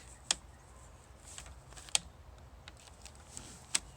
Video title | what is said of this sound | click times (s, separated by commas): Eahora X5 Plus Electric Bicycle View Inside Box Upon Arrival | least when I did it before there see that went down right here and that releases | 0.3 s